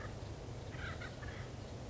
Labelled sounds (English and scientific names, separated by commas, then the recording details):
Acorn Woodpecker (Melanerpes formicivorus)
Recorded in Sonoma County, California